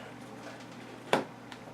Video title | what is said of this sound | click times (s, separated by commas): Nodd RC - 084 - HatCam | as I said the error okay I'm just snaps right in here pops | 1.1 s